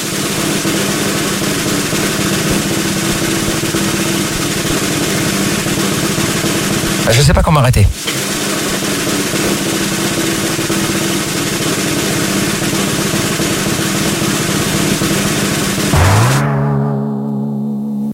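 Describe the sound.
A voice imitates a scooter engine with a long, steady buzzing drone, broken by a sharp rising rev partway through and another upward whine near the end, then a brief spoken line.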